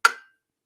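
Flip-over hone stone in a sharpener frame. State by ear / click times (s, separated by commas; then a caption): seated / 0.0 s. A flip-over hone stone in a sharpener frame is grabbed and rolled over until it snaps into its spring-loaded detent. A single sharp snap lands at 0.05 s, with a brief ringing tone that fades out by about 0.25 s. The stone is seated in its detent.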